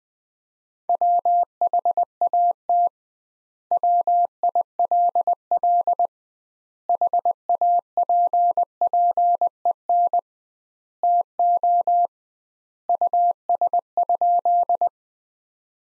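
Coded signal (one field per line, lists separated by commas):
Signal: Morse code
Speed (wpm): 19 wpm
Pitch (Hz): 700 Hz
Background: none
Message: WHAT WILL HAPPEN TO US?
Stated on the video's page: Practice sentences from the top 400 words at 20 wpm with double standard word spacing, a Farnsworth-like method applied to words.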